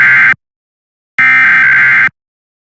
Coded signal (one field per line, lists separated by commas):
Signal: Emergency Alert System (SAME) tones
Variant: header bursts